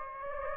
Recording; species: mosquito wingbeat signal from an infrared sensor; Anopheles gambiae